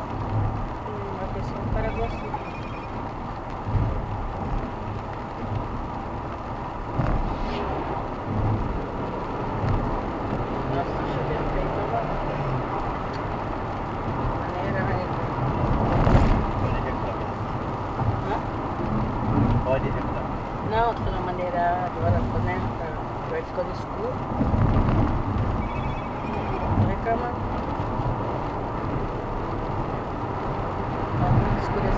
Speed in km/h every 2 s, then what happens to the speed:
96, 96, 96, 99, 107, 114, 116, 115, 112, 106, 104, 104, 102, 106, 113, 116.
0-5 steady at about 96. 5-12 speeds up to 116. 12-24 slows to 102. 24-32 speeds up to 116.